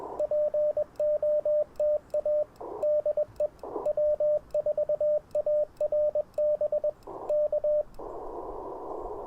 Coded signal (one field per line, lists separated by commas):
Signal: Morse code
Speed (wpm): 21 wpm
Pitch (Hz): 590 Hz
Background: radio noise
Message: POTA DE W4ARB K